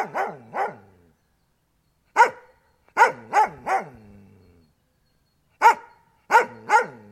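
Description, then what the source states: Dog giving loud, sharp barks in irregular runs of one to three, with brief quiet gaps between bursts. Dog barking constantly.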